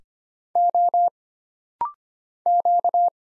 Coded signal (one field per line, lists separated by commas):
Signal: Morse code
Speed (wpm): 25 wpm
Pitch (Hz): 700 Hz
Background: none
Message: O Q